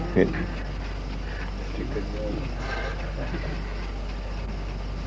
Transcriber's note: laughs